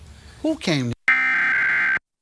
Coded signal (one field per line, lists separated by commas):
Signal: Emergency Alert System (SAME) tones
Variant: header bursts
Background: speech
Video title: LA Required Monthly Test (EAS #1301-1310) 9/26/23